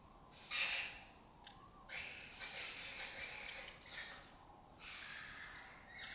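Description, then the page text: Lesser kestrel calls, scratchy drawn-out sounds: a short burst, then a longer rasping series of about two seconds, then more calls later. Colony that took over an abandoned house complex in Doñana; migratory raptor that breeds in southern Europe and forages in West Africa. "Lesser Kestrels Took Over an Abandoned Building. Here in Doñana"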